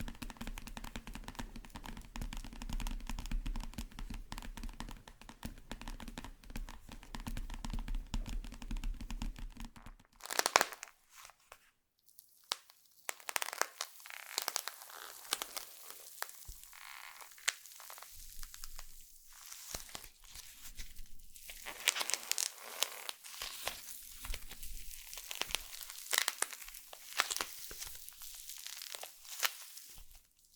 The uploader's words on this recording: NO TALKING Satisfying Slime Triggers.